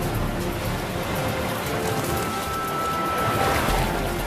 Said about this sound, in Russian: Нерешительно смотрит на бурлящие волны.